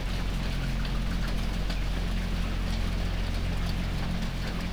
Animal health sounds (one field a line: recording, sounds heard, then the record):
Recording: poultry house recording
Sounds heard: healthy chickens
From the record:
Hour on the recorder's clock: 6